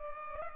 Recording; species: mosquito wingbeat signal from an infrared sensor; Culex pipiens